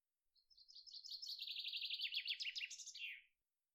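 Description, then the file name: Common chaffinch song, a bright trill of repeated chips dropping in pitch and finishing with a brief terminal flourish, in otherwise quiet surroundings. "Fringilla coelebs"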